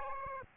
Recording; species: mosquito wingbeat signal from an infrared sensor; Aedes albopictus